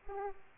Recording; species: mosquito wingbeat signal from an infrared sensor; Aedes aegypti